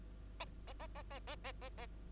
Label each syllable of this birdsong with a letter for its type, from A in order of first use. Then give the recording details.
A A A A A A A A A. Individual Bird2